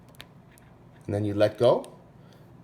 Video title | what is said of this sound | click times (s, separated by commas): How to insert and remove the SIM card from a Lil Tracker kids GPS watch | and all you do is slide it all the way in until you hear a little click and | 0.2 s